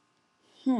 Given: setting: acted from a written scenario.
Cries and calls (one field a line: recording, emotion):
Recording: vocal sound without words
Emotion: contentment